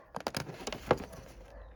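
A plastic wiring clip on a ZX6R motorcycle is pushed one-handed toward its mount, producing a few short plastic taps and rattles between about 0.2 and 0.4 s and a sharper tap at 0.9 s, then quiet. The one-handed attempt fails, and the clip has not seated or clicked yet.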